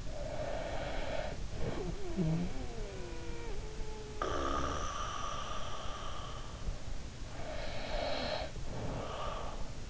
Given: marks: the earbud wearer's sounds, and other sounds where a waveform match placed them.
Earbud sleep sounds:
sounds in sleep by an in-ear microphone; snoring breath
0.00-6.96 s: snoring breath
7.28-9.78 s: snoring breath

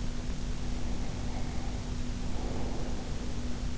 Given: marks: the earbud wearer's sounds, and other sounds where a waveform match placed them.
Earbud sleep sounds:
sounds in sleep by an in-ear microphone; breath
0.39-3.76 s: breath

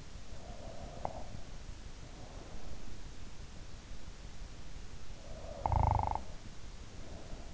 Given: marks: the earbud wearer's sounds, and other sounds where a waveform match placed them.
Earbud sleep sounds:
sounds in sleep by an in-ear microphone; breath, snoring breath
0.14-3.01 s: breath
4.97-7.53 s: snoring breath

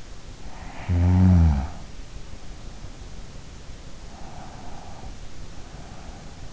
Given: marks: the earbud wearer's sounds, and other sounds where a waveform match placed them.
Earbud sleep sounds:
sounds in sleep by an in-ear microphone; snoring breath, breath
0.47-2.38 s: snoring breath
3.92-6.53 s: breath

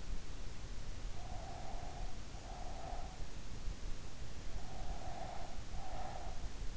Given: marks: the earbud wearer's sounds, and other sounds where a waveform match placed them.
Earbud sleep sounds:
sounds in sleep by an in-ear microphone; breath
0.91-3.44 s: breath
4.39-6.66 s: breath

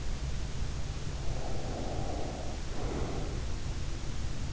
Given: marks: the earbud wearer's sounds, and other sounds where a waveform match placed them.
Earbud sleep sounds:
sounds in sleep by an in-ear microphone; breath
1.26-3.59 s: breath

